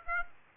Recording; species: mosquito wingbeat signal from an infrared sensor; Aedes aegypti